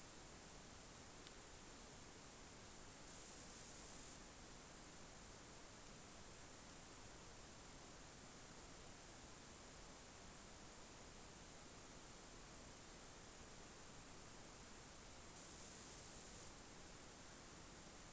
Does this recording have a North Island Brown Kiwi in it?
no